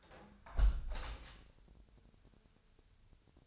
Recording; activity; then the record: daily activity, microphone in the room; close window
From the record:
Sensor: 2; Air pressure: 1014.8 hPa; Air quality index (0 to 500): 27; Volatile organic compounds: 1 ppm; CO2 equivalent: 514 ppm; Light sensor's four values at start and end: 8/19/8/8 and 8/19/8/8